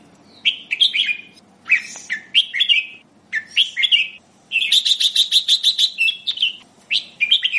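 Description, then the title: Sooty-headed bulbul singing short bubbly phrases of liquid whistled notes, with a faster run of chattering notes in the middle; faint low hum beneath. "Suara Burung Kutilang"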